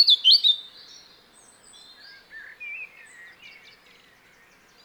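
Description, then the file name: Eurasian blackcap song: a few loud, clear whistled notes at the start, followed by quieter scratchy warbling phrases drifting up and down until the end. "Sylvia atricapilla"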